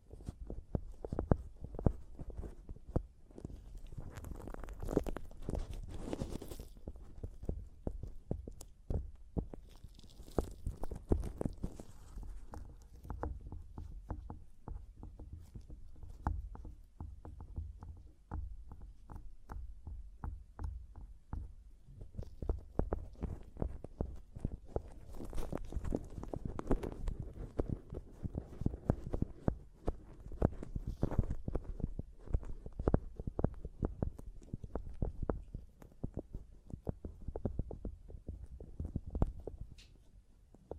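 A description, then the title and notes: Mic tapping and scratching runs for the whole clip as a dense stream of short, thumping knocks and rough scrapes, mostly low and dull. Brighter scratchy bursts rise around 5, 10 and 25 seconds, and a quieter, thinner stretch falls near 15 to 22 seconds. ASMR Mic Tapping and Scratching (No Talking).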